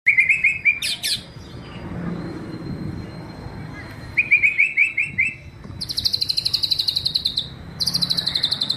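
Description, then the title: Oriental magpie-robin singing short chattering trills and sharp notes, broken by pauses, then long high buzzy trill runs near the end, with a low rumbling background. "Kicau Kacer"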